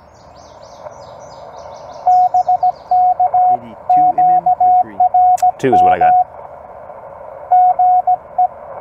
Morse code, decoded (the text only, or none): BK QRM GE